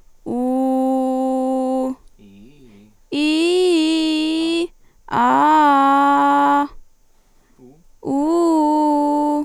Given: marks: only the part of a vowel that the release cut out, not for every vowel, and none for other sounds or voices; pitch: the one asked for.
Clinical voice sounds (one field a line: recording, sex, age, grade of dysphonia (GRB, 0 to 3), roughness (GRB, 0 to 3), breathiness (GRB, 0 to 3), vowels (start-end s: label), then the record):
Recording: sustained vowels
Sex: female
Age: 20 to 29 years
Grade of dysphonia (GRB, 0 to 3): 0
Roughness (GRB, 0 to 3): 0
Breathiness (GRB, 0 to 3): 0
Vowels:
0.35-1.82 s: vowel /u/, low pitch
3.18-4.55 s: vowel /i/, low-high-low pitch
5.22-6.52 s: vowel /a/, low-high-low pitch
8.16-9.28 s: vowel /u/, low-high-low pitch
From the record:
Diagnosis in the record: healthy voice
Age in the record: 20 years